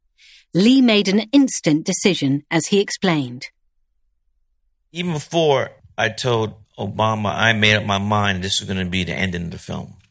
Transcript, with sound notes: Lee made an instant decision, as he explained.
(American accent) Even before I told Obama, I’d made up my mindthis was going to be the ending of the film: